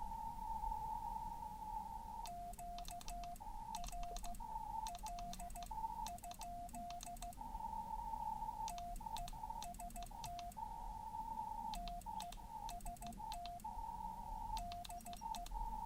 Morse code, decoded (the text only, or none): QRL? TEST TEST DE